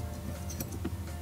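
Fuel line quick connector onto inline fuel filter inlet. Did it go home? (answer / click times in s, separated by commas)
no / none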